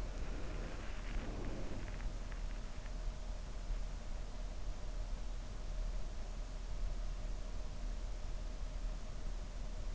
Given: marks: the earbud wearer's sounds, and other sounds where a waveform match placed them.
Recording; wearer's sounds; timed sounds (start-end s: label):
sounds in sleep by an in-ear microphone; breath
0.00-2.23 s: breath